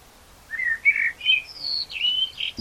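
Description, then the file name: Common blackbird song: a brief run of smooth whistled notes, stepping up and down in pitch, followed by a soft thud at the end. "Turdus merula"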